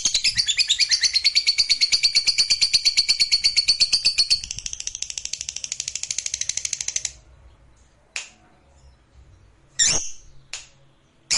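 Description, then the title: Lovebird chattering song, a fast buzzy trill of rapid high notes for about seven seconds, then silence broken by a few sharp clicks and chirps. Lovebird sound used to stimulate lovebirds. "Suara Lovebird"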